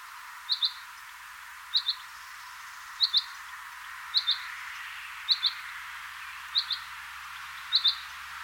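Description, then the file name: Common chaffinch calls: a quick doubled high note repeated steadily, seven times, over a soft background hiss. "Fringilla coelebs"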